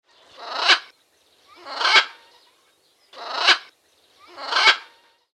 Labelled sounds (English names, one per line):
Blue-and-yellow Macaw